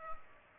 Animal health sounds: mosquito wingbeat signal from an infrared sensor; Culex pipiens

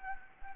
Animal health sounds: mosquito wingbeat signal from an infrared sensor; Anopheles arabiensis

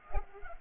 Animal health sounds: mosquito wingbeat signal from an infrared sensor; Culex pipiens

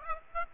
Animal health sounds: mosquito wingbeat signal from an infrared sensor; Aedes aegypti

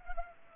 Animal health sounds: mosquito wingbeat signal from an infrared sensor; Culex pipiens

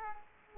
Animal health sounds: mosquito wingbeat signal from an infrared sensor; Culex quinquefasciatus

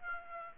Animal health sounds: mosquito wingbeat signal from an infrared sensor; Aedes aegypti

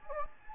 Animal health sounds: mosquito wingbeat signal from an infrared sensor; Anopheles gambiae

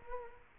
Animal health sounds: mosquito wingbeat signal from an infrared sensor; Aedes aegypti

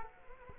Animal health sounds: mosquito wingbeat signal from an infrared sensor; Culex quinquefasciatus

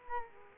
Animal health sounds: mosquito wingbeat signal from an infrared sensor; Culex quinquefasciatus

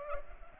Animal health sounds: mosquito wingbeat signal from an infrared sensor; Culex pipiens

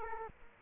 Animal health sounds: mosquito wingbeat signal from an infrared sensor; Culex quinquefasciatus

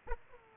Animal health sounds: mosquito wingbeat signal from an infrared sensor; Aedes aegypti

